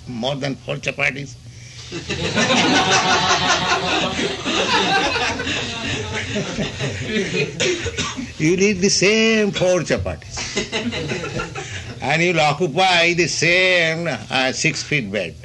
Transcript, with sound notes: more than four cāpāṭis? [laughter] You'll eat the same four cāpāṭis. And you'll occupy the same six-feet bed.